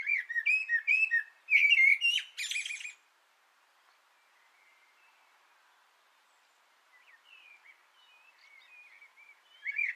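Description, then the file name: Common blackbird singing, loud warbled phrases with a shrill twittering flourish in the first three seconds, then near silence, faint bird notes, and another phrase starting at the end. Singing from an antenna, recorded 6 June 2025. "Koltrast på antennen 2025 06 06"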